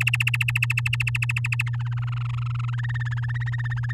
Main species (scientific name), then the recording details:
Serinus canaria. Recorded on 10 May 2018 at 12:11. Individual llb16